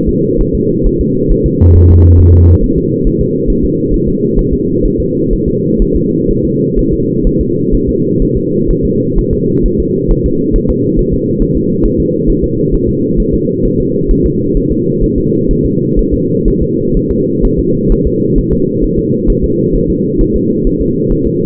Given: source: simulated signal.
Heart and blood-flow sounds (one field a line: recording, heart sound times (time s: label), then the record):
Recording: fetal heart sounds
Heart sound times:
0.09 s: S2
0.41 s: S1
0.55 s: S2
0.87 s: S1
1.01 s: S2
1.32 s: S1
1.46 s: S2
1.76 s: S1
1.91 s: S2
2.20 s: S1
2.35 s: S2
2.64 s: S1
2.78 s: S2
3.07 s: S1
3.21 s: S2
3.50 s: S1
3.65 s: S2
3.94 s: S1
4.08 s: S2
4.39 s: S1
4.54 s: S2
4.86 s: S1
5.00 s: S2
5.33 s: S1
5.48 s: S2
5.82 s: S1
5.97 s: S2
6.31 s: S1
6.45 s: S2
6.79 s: S1
6.94 s: S2
7.27 s: S1
7.41 s: S2
7.75 s: S1
7.89 s: S2
8.22 s: S1
8.37 s: S2
8.71 s: S1
8.85 s: S2
9.19 s: S1
9.33 s: S2
9.66 s: S1
9.80 s: S2
10.11 s: S1
10.26 s: S2
10.56 s: S1
10.70 s: S2
10.99 s: S1
11.14 s: S2
11.42 s: S1
11.57 s: S2
11.86 s: S1
12.00 s: S2
12.30 s: S1
12.44 s: S2
12.74 s: S1
12.89 s: S2
13.20 s: S1
13.34 s: S2
13.66 s: S1
13.80 s: S2
14.11 s: S1
14.26 s: S2
14.57 s: S1
14.72 s: S2
15.04 s: S1
15.18 s: S2
15.51 s: S1
15.65 s: S2
15.99 s: S1
16.14 s: S2
16.48 s: S1
16.62 s: S2
16.97 s: S1
17.11 s: S2
17.45 s: S1
17.59 s: S2
17.92 s: S1
18.07 s: S2
18.39 s: S1
18.53 s: S2
18.84 s: S1
18.99 s: S2
19.30 s: S1
19.44 s: S2
19.76 s: S1
19.90 s: S2
20.21 s: S1
20.36 s: S2
20.67 s: S1
20.81 s: S2
21.12 s: S1
21.27 s: S2
From the record:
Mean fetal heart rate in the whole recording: 130 bpm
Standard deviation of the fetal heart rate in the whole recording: 4 bpm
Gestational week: 38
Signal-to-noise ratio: -11.2 dB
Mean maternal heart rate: 72 bpm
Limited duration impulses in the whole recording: present